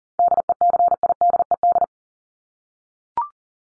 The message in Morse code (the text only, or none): DECIDED